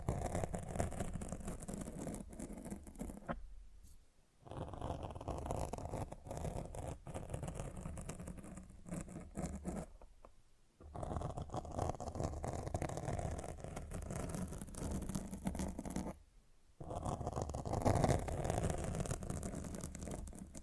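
Mic scratching: a dense, rough rumbling scrape with a low, grinding body, running almost continuously. It cuts out abruptly three times, near 4, 10 and 16.5 seconds, leaving brief near-silent gaps before the scratching resumes at similar strength.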